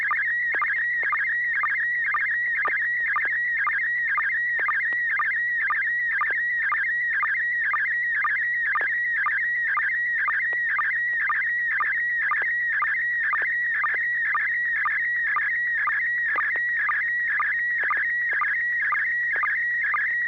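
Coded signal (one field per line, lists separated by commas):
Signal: SSTV (slow-scan television)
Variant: PD120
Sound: warbling whistle near 2 kHz with rhythmic low chirps twice a second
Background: low mains hum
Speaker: pd10 [Music] d d d [Music] d [Music]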